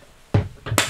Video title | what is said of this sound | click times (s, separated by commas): DIY 4x4 Ambulance Overland Camper | hear those latches when you shut them they click and they make a real nice sound | 0.3 s, 0.8 s